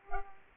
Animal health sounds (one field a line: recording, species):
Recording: mosquito wingbeat signal from an infrared sensor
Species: Culex pipiens